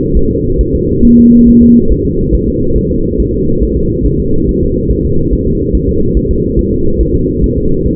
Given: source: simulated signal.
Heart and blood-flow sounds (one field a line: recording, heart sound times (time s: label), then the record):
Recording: fetal heart sounds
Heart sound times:
0.17 s: S1
0.31 s: S2
0.61 s: S1
0.75 s: S2
1.05 s: S1
1.19 s: S2
1.48 s: S1
1.62 s: S2
1.92 s: S1
2.06 s: S2
2.34 s: S1
2.48 s: S2
2.77 s: S1
2.91 s: S2
3.20 s: S1
3.34 s: S2
3.63 s: S1
3.77 s: S2
4.06 s: S1
4.20 s: S2
4.49 s: S1
4.63 s: S2
4.91 s: S1
5.05 s: S2
5.33 s: S1
5.47 s: S2
5.75 s: S1
5.89 s: S2
6.17 s: S1
6.31 s: S2
6.59 s: S1
6.73 s: S2
7.01 s: S1
7.15 s: S2
7.44 s: S1
7.58 s: S2
7.87 s: S1
From the record:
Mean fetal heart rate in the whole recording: 140 bpm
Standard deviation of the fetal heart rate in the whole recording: 2 bpm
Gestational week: 34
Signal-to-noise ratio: -16.4 dB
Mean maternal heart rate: 72 bpm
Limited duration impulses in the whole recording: present